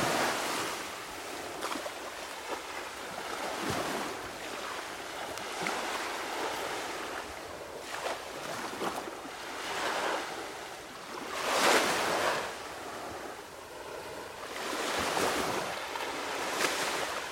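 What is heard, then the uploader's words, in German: Waves wash onto a beach in a steady hiss, with louder surges around twelve and fifteen seconds and a faint rumble of wind. In dieser Folge haben wir eine Stunde lang detaillierte, fast binaurale Strandwellengeräusche eingefangen. Diese Aufnahme wurde in einem Moment vollkommener Stille mit minimalen Windeinflüssen aufgenommen. Wellen am Strand.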